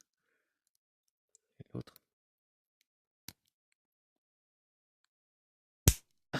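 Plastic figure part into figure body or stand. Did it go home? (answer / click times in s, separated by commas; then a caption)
yes / 5.9 s. A plastic part of an assembled Fusion Zamasu action figure, likely at the foot or stand, is pressed into the figure body or stand. After brief talk and a few soft taps, it snaps home with a sharp, loud click at 5.9 s, followed by another clack. The part is seated.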